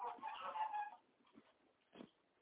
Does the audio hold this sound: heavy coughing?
no